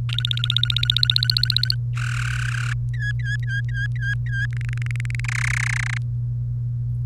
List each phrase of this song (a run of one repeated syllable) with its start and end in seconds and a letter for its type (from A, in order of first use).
0.09-1.75 A, 1.97-2.73 B, 2.93-4.46 C, 4.53-5.20 D, 5.24-5.97 E